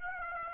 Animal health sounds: mosquito wingbeat signal from an infrared sensor; Aedes aegypti

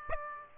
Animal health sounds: mosquito wingbeat signal from an infrared sensor; Aedes aegypti

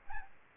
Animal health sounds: mosquito wingbeat signal from an infrared sensor; Aedes albopictus

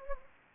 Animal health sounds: mosquito wingbeat signal from an infrared sensor; Anopheles gambiae

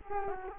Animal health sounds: mosquito wingbeat signal from an infrared sensor; Culex quinquefasciatus

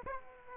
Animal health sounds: mosquito wingbeat signal from an infrared sensor; Aedes aegypti

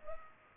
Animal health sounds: mosquito wingbeat signal from an infrared sensor; Culex pipiens

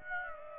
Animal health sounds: mosquito wingbeat signal from an infrared sensor; Aedes aegypti

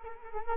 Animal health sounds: mosquito wingbeat signal from an infrared sensor; Culex quinquefasciatus

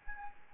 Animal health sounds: mosquito wingbeat signal from an infrared sensor; Aedes albopictus

